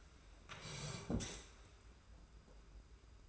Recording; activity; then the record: daily activity, microphone in the room; sit down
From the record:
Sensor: 2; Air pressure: 991.6 hPa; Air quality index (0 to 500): 176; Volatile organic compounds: 1000 ppm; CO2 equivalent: 5706 ppm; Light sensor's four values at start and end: 25/80/31/30 and 26/84/33/31